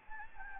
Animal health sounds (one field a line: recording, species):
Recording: mosquito wingbeat signal from an infrared sensor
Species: Anopheles gambiae